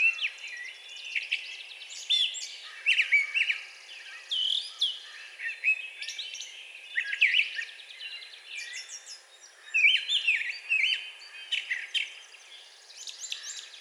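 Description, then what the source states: Brown thrasher pouring out a continuous series of varied chirps, whistles and scratchy notes in quick phrases. Recorded 4 June 2020.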